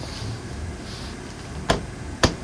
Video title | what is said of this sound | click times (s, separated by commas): DIY: How to fix sticky / slow Car Window - Corolla repair | You can kind of hear it click in. | 1.7 s, 2.2 s